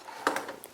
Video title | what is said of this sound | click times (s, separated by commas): Review FR - Machine Robo - Rod Drill | ensuite ceux ci va venir ici parce que vous avez des quatre emplacements et ça se verrouille ce | 0.3 s